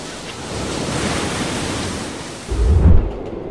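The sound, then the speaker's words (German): A train roars through a tunnel: a steady, dense rushing rumble with hiss on top, swelling into a heavier low thunder near the end as the high hiss drops away. “Raus aus dem Tunnel, Gott sei Dank.”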